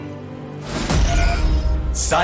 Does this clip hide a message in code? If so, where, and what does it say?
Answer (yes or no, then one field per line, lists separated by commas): no